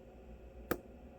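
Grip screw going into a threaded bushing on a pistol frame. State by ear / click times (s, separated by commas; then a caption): seated / 0.7 s. A grip screw on a steel Kimber 1911 pistol frame is turned backwards in its threaded bushing until the thread start drops into engagement. A single sharp snap-like click sounds at 0.7 s over a quiet background. The threads are now lined up and engaged, so the screw is seated.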